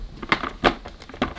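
A part whose retaining clip has been bent a little more is refitted into the item's housing, starting from the top as on the other side. Sharp clicks and crinkly handling noise sound at 0.3, 0.7 and 1.2 seconds. The bent clip locks into place at 0.3 seconds, and the part is confirmed to have engaged.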